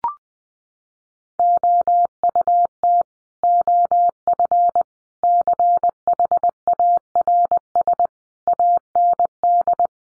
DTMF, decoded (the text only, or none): none